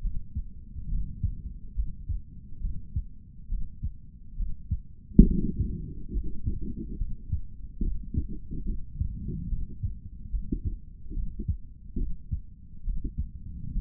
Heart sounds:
heart sounds by stethoscope; 70 bpm
0.01 s: heartbeat
0.89 s: heartbeat
1.75 s: heartbeat
2.61 s: heartbeat
3.49 s: heartbeat
4.37 s: heartbeat
5.25 s: heartbeat
6.13 s: heartbeat
6.98 s: heartbeat
7.82 s: heartbeat
8.66 s: heartbeat
9.49 s: heartbeat
10.31 s: heartbeat
11.14 s: heartbeat
11.98 s: heartbeat
12.84 s: heartbeat
13.72 s: heartbeat
From the record:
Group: healthy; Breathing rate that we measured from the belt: 14 breaths a minute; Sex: male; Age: 55 years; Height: 167 cm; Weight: 57.2 kg

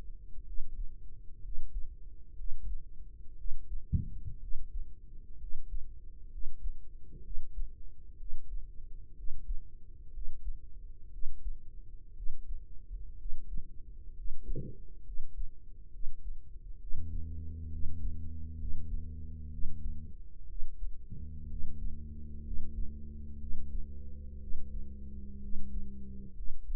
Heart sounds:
heart sounds by microphone in the right ear; 63 bpm
0.42 s: heartbeat
1.39 s: heartbeat
2.33 s: heartbeat
3.34 s: heartbeat
4.37 s: heartbeat
5.36 s: heartbeat
6.27 s: heartbeat
7.20 s: heartbeat
8.14 s: heartbeat
9.12 s: heartbeat
10.09 s: heartbeat
11.08 s: heartbeat
12.11 s: heartbeat
13.14 s: heartbeat
14.11 s: heartbeat
15.01 s: heartbeat
15.88 s: heartbeat
16.76 s: heartbeat
17.67 s: heartbeat
18.55 s: heartbeat
19.47 s: heartbeat
20.44 s: heartbeat
21.45 s: heartbeat
22.40 s: heartbeat
23.36 s: heartbeat
24.37 s: heartbeat
25.38 s: heartbeat
26.32 s: heartbeat
From the record:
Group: healthy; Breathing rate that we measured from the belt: 15 breaths a minute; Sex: female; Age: 23 years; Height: 160 cm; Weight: 50.4 kg

